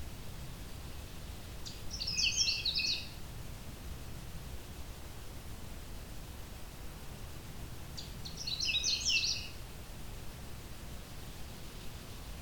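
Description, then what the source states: Canada warbler song: two quick jumbled bursts of sharp high chips and warbled notes, several seconds apart, over steady background hiss. On territory in late June, in a swamp with some aspen and birch, cedars and mostly low growing vegetation.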